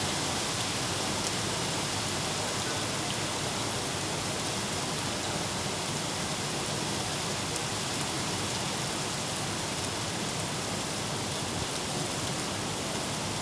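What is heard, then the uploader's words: Light summer rain fizzes steadily and densely throughout, a constant bright hiss of fine droplets with no pauses or swells. The sound stays even from start to finish, with only tiny scattered ticks of individual drops standing out from the wash. Office Window, Rain, Vase ~ Leeds, UK. The sounds of light summer rain from an office window. Field recording by oliver thurley , summer 2018.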